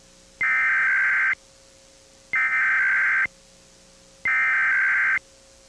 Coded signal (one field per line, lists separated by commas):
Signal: Emergency Alert System (SAME) tones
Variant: header bursts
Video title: [HD REMAKE] EAS Required Monthly Test during FLCL (August 12, 2003)